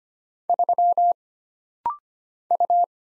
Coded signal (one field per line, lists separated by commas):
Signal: Morse code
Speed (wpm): 25 wpm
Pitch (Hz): 700 Hz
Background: none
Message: 3 U